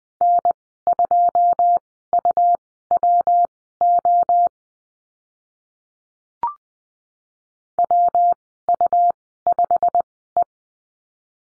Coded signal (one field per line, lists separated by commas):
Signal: Morse code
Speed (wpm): 20 wpm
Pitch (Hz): 700 Hz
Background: none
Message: N2UWO WU5E